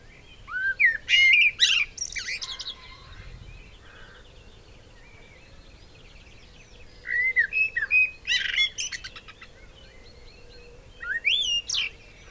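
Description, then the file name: Eurasian blackbird singing: a fluty whistled phrase with a shrill chattering tail, then after a few seconds' pause a second phrase and a final rising whistle. "Turdus merula"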